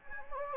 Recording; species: mosquito wingbeat signal from an infrared sensor; Anopheles gambiae